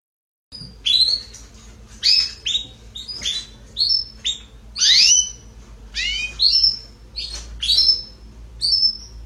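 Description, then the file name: Belgian canary song in short separated phrases of sharp upslurred and downslurred whistles, with brief pauses between them. "canto do canario belga salsa"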